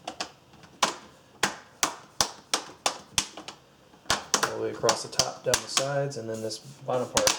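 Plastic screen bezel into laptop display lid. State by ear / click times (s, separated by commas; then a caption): seated / 0.8 s, 1.8 s, 2.2 s, 3.2 s, 4.1 s, 4.3 s. A plastic screen bezel on an HP G71-345CL laptop is pressed onto the display lid along the top and down the sides, where it press-fits and snaps back in place. Sharp snaps sound at 0.8, 1.8, 2.2, 3.2, 4.1 and 4.3 seconds while someone talks, and the bezel ends up seated.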